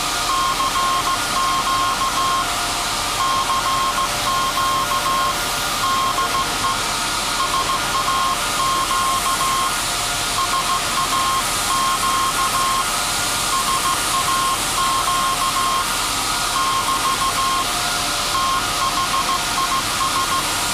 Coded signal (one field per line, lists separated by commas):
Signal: Morse code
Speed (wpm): 16 wpm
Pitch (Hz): 1070 Hz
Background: none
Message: CQ CQ DE SAQ SAQ SAQ <BT> THIS